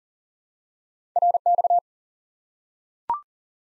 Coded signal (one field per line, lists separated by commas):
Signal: Morse code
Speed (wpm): 40 wpm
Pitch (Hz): 700 Hz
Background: none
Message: RX